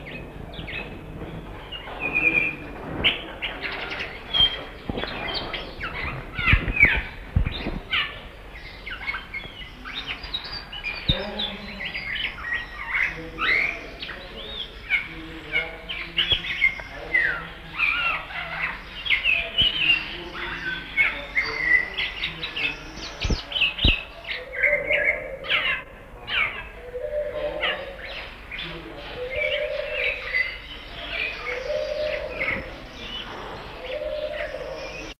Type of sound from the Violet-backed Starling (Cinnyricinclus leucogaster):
song